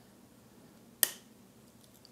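A new plastic trim clip is turned into its holder in the guide of a 1979 Camaro interior trim strip. It snaps in with one sharp, bright click at 1.0 s, and a few faint ticks follow. The clip is confirmed seated.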